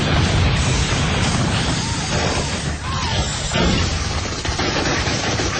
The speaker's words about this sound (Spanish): Muchos invasores caen. Los disparos los hacen caer violentamente, destrozándose al rodar por el asfalto convulsionado.